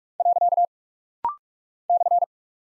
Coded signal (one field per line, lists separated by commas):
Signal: Morse code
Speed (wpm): 46 wpm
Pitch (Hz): 700 Hz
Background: none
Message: . /